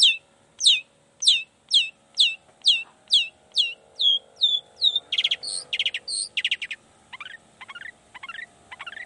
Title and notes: Cendet Gacor Dor Di Kala Pagi Toet Toet Variasi Suara. Cendet Gacor Pagi Hari Biangnya Bikin Cendet Manapun Langsung On Nyaut Buka Materi. Burung cendet